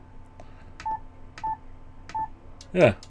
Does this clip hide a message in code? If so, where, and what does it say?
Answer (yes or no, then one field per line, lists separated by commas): no